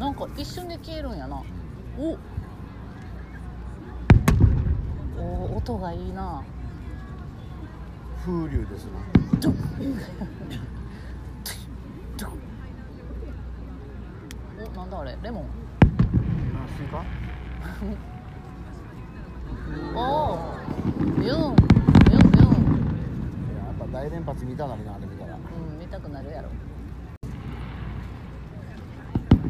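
Fireworks thump and crackle at around 4, 9, 16, and a louder burst near 22 seconds, over a steady murmur of crowd chatter.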